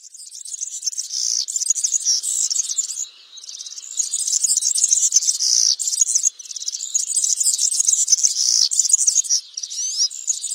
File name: canto do milheirinha europeia